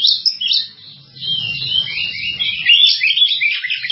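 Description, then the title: Java sparrow singing a continuous run of high, squeaky, slurred chirps and twittering notes, with a soft low hum in the background. "kicau gelatik"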